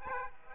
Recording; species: mosquito wingbeat signal from an infrared sensor; Aedes aegypti